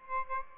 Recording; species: mosquito wingbeat signal from an infrared sensor; Aedes albopictus